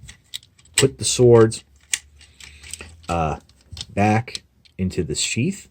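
A plastic toy sword is being slid back into its sheath on an action figure, which is meant to push the lock triggers back into place. Small, sharp plastic ticks and handling noises sound between stretches where someone talks. Nothing has seated or clicked yet.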